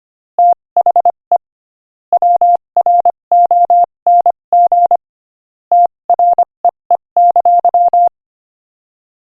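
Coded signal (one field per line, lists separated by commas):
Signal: Morse code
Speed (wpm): 25 wpm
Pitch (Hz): 700 Hz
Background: none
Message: THE WRONG TREE!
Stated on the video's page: Morse code practice at 25 wpm sending a joke.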